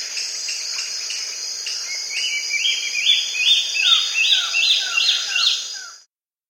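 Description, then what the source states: Wing-banded antbird song: a series of clear rising whistled notes, growing louder and climbing slightly in pitch, about two and a half per second, over steady high insect hum. South America.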